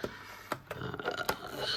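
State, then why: Seated. A replica lightsaber's metal hilt is pressed into the hooks on its display stand, with sharp clicks at 0.5 s and 1.3 s as it seats into place. Fainter handling taps and rustling fill the rest of the short clip.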